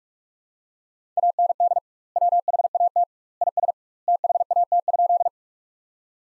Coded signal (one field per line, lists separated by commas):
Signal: Morse code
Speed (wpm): 46 wpm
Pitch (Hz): 700 Hz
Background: none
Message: AND WHAT IS THAT?